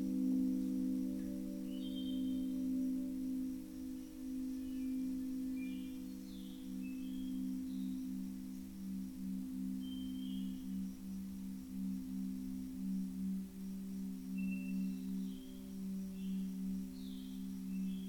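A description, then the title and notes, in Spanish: Singing bowls hum in a steady, low, layered drone that swells and pulses gently, with faint bright chirps of birds scattered above. Sesion de cuencos.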